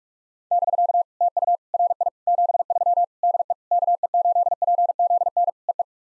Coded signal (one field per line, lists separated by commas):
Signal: Morse code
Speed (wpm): 45 wpm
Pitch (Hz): 700 Hz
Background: none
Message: <BK> TU RI 73 DE KE8PZN EE